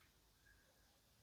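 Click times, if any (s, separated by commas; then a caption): none. A thin spring-steel lock pin clip, which looks like a circlip but isn't one, is handled with a thin screwdriver at the gear shaft of an Apache RTR 200 motorcycle gearbox during a crankcase rebuild. Only faint, steady handling noise with light ticking is heard, and no talk. The clip has not snapped into place and nothing has seated yet.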